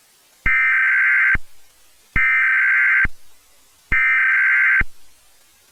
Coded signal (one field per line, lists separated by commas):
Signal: Emergency Alert System (SAME) tones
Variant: header bursts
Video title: Second Alert: Lockdown Notice | EAS Scenario